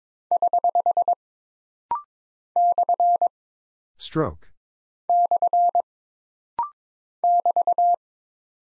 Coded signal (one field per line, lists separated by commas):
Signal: Morse code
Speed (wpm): 22 wpm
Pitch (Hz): 700 Hz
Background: none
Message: <HH> / / <BT>